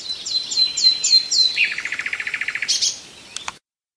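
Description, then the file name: Common nightingale song: high whistled notes falling, then a quick repeated chirping series, a short buzzy burst and two sharp clicks before silence. "Nachtegaal"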